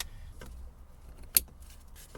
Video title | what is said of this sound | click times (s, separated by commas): Hydraulic Brake Booster Replacement (100 Series Land Cruiser) | that's snapped back in so let's get in the plugs on this side now | 1.4 s